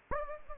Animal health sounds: mosquito wingbeat signal from an infrared sensor; Anopheles gambiae

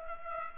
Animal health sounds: mosquito wingbeat signal from an infrared sensor; Culex pipiens

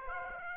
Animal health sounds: mosquito wingbeat signal from an infrared sensor; Aedes aegypti

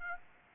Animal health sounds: mosquito wingbeat signal from an infrared sensor; Aedes aegypti

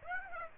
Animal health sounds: mosquito wingbeat signal from an infrared sensor; Aedes aegypti

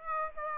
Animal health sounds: mosquito wingbeat signal from an infrared sensor; Aedes aegypti

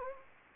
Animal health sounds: mosquito wingbeat signal from an infrared sensor; Anopheles gambiae

